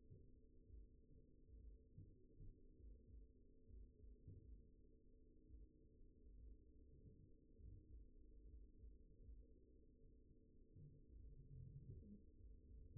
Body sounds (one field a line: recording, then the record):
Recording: forearm muscle sounds (acoustic myography)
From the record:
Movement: finger pinch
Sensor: system 2, bracelet of six BSWA MPA416 microphones around the upper forearm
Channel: 6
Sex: male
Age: 22 years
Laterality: right